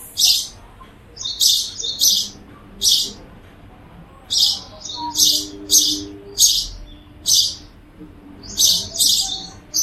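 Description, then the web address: Bird giving harsh, buzzy, high chirps in short bursts, about one per second, with brief pauses between runs; low faint hum underneath. "cianscape birddata Deverinetal 2025 Bird Only Pa Do"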